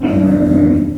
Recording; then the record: squeal of a Yucatan mini pig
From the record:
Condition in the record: after surgery on the right vocal fold (resection and tissue-engineered implant); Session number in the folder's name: 5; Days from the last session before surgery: 33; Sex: female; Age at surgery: 19 weeks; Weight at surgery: 25 kg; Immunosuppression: prednisolone